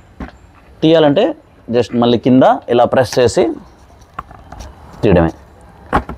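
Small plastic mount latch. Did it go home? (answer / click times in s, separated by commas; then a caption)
released / 4.2 s. A DJI Action 3 action camera is released from its magnetic quick-release mount by pressing the release at the bottom. Someone talks, and a sharp click is heard at 4.2 s as the mount opens, followed by a couple of smaller clicks.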